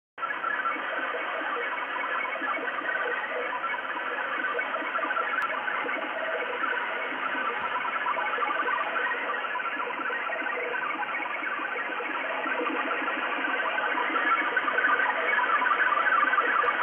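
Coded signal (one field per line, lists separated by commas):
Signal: HF data modem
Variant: XPB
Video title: XPB numbers station Russia 5839 kHz 20200901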